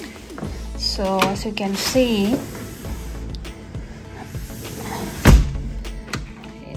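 Someone talks over music while sliding a patio door shut and throwing the lock lever, meant to swing the lock hook into the metal keeper on the frame, with a sharp thump near 5.3 s and a few lighter knocks after. The hook does not catch, so nothing has latched; the lock is thrown but not latching properly because the keeper is out of position.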